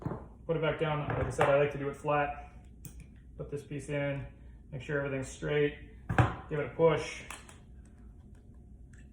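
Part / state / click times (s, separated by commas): roller bearing into inline skate wheel hub / not seated / none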